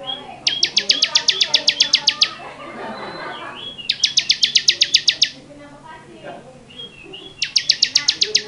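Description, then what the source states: Bar-winged prinia song: rapid, dry trills of about a dozen evenly spaced high notes, in bursts of one to two seconds separated by short pauses, with faint background chirps. Ciblek semi song in the ngebren style.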